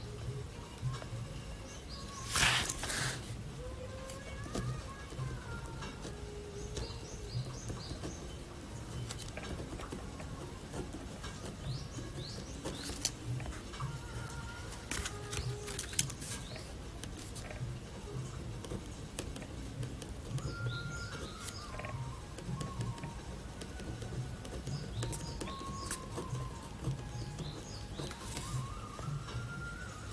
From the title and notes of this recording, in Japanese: 今朝は”モカブレンド”を焙煎。